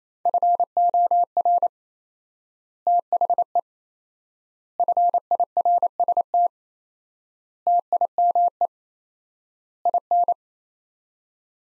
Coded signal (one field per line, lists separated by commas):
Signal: Morse code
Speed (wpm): 27 wpm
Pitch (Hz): 700 Hz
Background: none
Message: FOR THE FIRST TIME IN